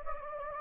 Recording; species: mosquito wingbeat signal from an infrared sensor; Anopheles gambiae